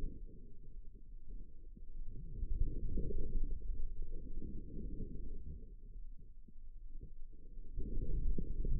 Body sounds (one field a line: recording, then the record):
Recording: forearm muscle sounds (acoustic myography)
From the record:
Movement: outward rotation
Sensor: system 2, bracelet of six BSWA MPA416 microphones around the upper forearm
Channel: 4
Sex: female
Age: 25 years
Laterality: right